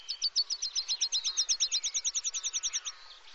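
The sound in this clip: Bird trill: a rapid, even series of many high, sharp chirping notes running steadily for about three seconds before stopping.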